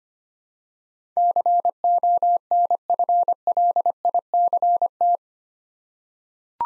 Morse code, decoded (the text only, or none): CONFLICT